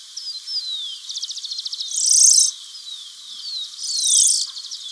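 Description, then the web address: Ash-breasted sierra finch song: a rapid series of high ticking notes and thin falling whistles, then two loud buzzy bursts about two seconds apart. Ecuador, South America. "Birds of Ecuador. ASh-breasted Sierra-Finch"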